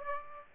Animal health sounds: mosquito wingbeat signal from an infrared sensor; Aedes aegypti

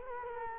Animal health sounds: mosquito wingbeat signal from an infrared sensor; Culex quinquefasciatus

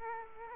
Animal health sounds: mosquito wingbeat signal from an infrared sensor; Culex quinquefasciatus

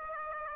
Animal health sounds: mosquito wingbeat signal from an infrared sensor; Aedes aegypti

